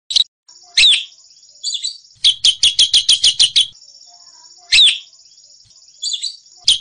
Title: Suara Masteran Burung Murai Batu Juara Terapi Suara Murai Batu